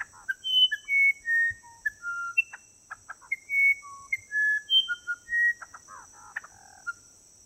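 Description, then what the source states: Musician Wren song: clear, flute-like whistled notes jumping between pitches, interspersed with short clicks and rattles, with a steady high hiss behind. From the Amazon region; song shows a preference for consonant intervals, especially octaves, pure fifths and fourths.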